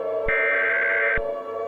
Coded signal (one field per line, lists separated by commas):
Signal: Emergency Alert System (SAME) tones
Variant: header bursts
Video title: EAS Scenario: "America Under Attack: Reduxed"